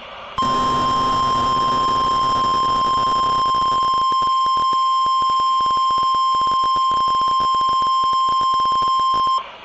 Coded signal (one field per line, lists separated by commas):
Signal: Emergency Alert System (SAME) tones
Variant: 1050 Hz attention tone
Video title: TORNADO WARNING INCLUDED! | EAS Alerts from April 15, 2018 (EAS #238-243)